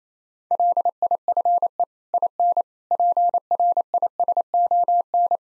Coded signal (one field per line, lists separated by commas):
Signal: Morse code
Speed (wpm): 28 wpm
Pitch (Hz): 700 Hz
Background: none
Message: LIFE IN PRISON